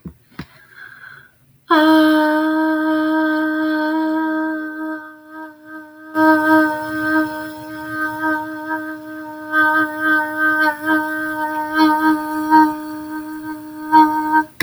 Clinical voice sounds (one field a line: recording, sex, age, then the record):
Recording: vowel held as long as possible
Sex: female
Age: 20 to 29 years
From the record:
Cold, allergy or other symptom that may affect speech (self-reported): no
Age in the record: 21 years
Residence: North Carolina, United States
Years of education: 15